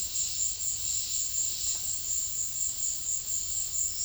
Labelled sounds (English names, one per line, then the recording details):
none
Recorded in secondary vegetation near Puerto Asís, Putumayo, Colombia, on 4 March 2025 at 14:00
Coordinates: 0.484, -76.319
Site G010